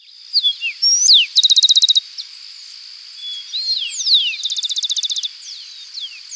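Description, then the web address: Rufous-collared sparrow whistles, slurred rising and falling notes, with fast pulsed trills, over a constant high drone. Ecuador. "Natures Songs S America Birds of Ecuador Rufous-Collared Sparrow"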